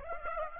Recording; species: mosquito wingbeat signal from an infrared sensor; Aedes aegypti